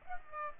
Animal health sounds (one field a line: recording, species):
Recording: mosquito wingbeat signal from an infrared sensor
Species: Aedes aegypti